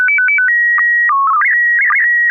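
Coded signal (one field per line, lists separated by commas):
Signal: SSTV (slow-scan television)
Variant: PD 120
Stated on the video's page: SSTV net on a 441.300 MHz FM repeater in Sacramento, sent with MMSSTV.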